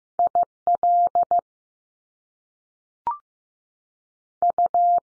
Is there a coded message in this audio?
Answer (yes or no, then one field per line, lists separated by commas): yes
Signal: Morse code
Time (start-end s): 0.2-5.0 s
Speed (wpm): 15 wpm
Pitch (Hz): 700 Hz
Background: none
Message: I L U